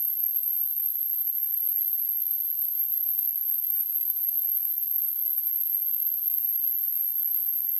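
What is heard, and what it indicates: Simulated tinnitus: a steady, very high-pitched tone ringing continuously over a faint background hiss.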